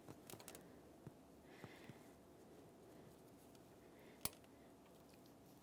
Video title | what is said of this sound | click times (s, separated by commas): How to Replace Power Steering Pressure Switch 2003-2007 Honda Accord | get a nice click from that | 4.3 s